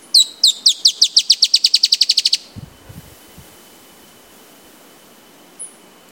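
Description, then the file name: Dusky-tailed antbird song: a quick series of many high, downslurred notes that speeds up and runs together over two seconds, then quiet with a steady high tone. Recorded at Ferradura, Canela, Rio Grande do Sul, Brazil, on 4-10-16. "Drymophila-malura-Reg Ferradura Canela RS-4-10-16-ASilveira"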